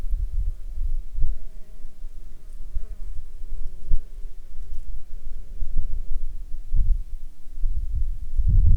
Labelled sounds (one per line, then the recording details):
insects
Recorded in Ivvavik National Park, Yukon, on 5 July 2019 at 14:47
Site SINP09